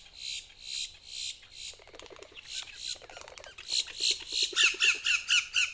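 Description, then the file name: Boat-tailed grackle giving harsh, raspy notes in quick succession, then a burst of dry clicks, then more harsh notes mixed with short whistled notes. Recorded 14 April 2018. "2018-04-14 BTGR"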